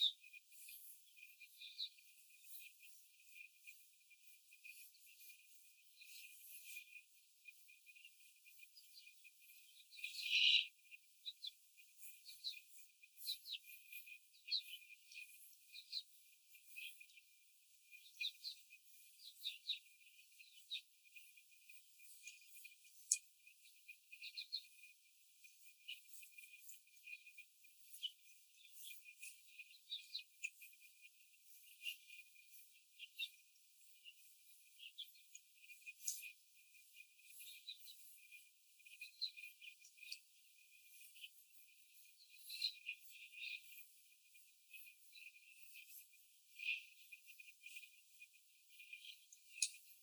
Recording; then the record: young laying hens in a cage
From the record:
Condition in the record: after the stressor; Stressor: simulated dog barking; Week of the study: 4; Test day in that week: 1